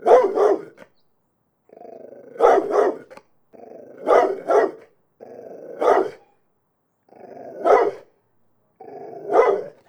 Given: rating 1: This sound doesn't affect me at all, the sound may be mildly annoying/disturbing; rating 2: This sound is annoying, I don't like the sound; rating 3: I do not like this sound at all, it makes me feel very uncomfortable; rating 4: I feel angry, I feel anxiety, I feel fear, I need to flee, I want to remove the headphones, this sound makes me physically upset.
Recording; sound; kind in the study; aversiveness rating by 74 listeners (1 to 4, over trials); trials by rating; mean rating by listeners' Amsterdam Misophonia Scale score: sound for misophonia research; dog barking; generally unpleasant; mean 1.31, standard deviation 0.62; 225 rated 1, 49 rated 2, 18 rated 3, 2 rated 4; 1.24 (sub-clinical, 0 to 4), 1.19 (mild, 5 to 9), 1.41 (moderate, 10 to 14), 1.92 (severe or extreme, 15 or more)